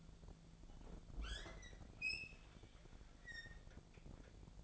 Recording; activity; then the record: daily activity, microphone in the room; open fridge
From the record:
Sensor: 5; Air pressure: 1000.1 hPa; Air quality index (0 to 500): 107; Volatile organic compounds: 1 ppm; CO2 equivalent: 863 ppm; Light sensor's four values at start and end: 184/441/186/202 and 190/456/192/209